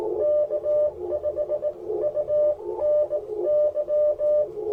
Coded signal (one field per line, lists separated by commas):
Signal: Morse code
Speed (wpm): 21 wpm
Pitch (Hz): 600 Hz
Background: radio noise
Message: K5UNY